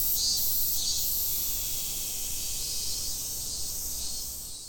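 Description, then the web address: Cicada buzzing, a continuous high shrill drone with faint pulsing, gradually fading toward the end. Recorded in Fukushima on 30 July 2015. "fukudai fu cicadda"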